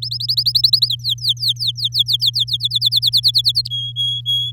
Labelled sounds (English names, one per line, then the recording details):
Domestic Canary song
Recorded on 6 May 2018 at 05:40
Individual llb16